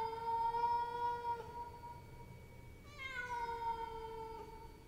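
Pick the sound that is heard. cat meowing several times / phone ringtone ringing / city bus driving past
cat meowing several times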